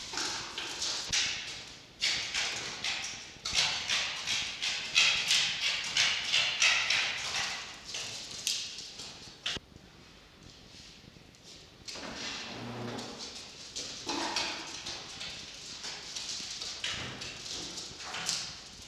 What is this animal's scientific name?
Vulpes vulpes